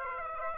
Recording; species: mosquito wingbeat signal from an infrared sensor; Aedes aegypti